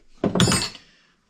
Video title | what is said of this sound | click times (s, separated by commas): Will it run?? - Honda Gx-120 air compressor with no compression | I heard that torque wrench. | 0.4 s